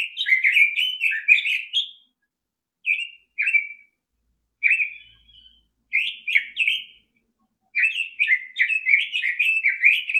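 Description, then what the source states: Red-billed Leiothrix singing lively, rippling warbles in short clusters with brief silences, ending in a longer, continuous run of quick, tumbling notes. Song described as very pleasant to hear; because of it, widely caught as a world-famous caged ornamental bird, and numbers declined.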